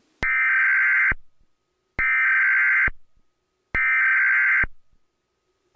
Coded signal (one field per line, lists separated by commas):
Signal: Emergency Alert System (SAME) tones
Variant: header bursts